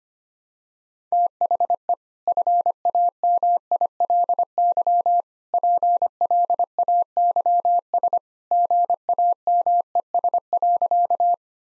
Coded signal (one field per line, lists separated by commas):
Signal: Morse code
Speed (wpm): 25 wpm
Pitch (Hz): 700 Hz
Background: none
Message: THE FAMILY PLAYS GAMES.